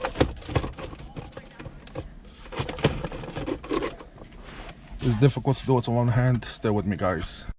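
Someone talks while refitting a shifter trim piece one-handed into the center console manual-mode shifter assembly of an Infiniti G35, pushing it back into place. Short plastic knocks and handling taps are heard near 0.1 s, 0.2 s and 2.7–3.0 s, with rustling in between. Nothing has seated or clicked yet by the end of the clip.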